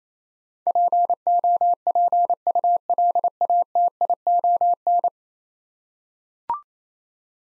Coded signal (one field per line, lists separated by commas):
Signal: Morse code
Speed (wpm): 28 wpm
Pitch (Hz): 700 Hz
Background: none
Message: POPULATION